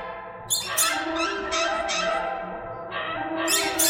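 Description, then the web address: Bird calls, a noisy mix of harsh squawks and squeaky chirps, with sharp bursts near the start and end over a steady chattering background. "soundfactory birds"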